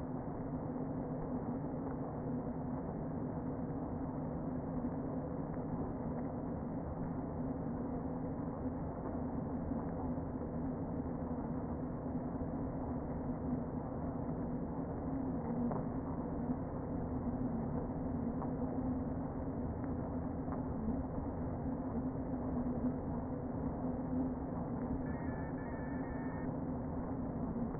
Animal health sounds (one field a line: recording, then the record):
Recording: honeybee colony, microphone inside the hive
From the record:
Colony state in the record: queen present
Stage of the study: before two queens were removed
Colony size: about 60,000 bees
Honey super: yes